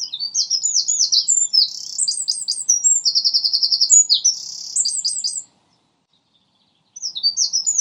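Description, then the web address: Common nightingale song: loud, varied phrases of sharp chirps and fast rattling trills, a silent gap of about a second and a half, then singing resumes. Lodge Hill; more than one nightingale. "owen Lodge Hill nightingales"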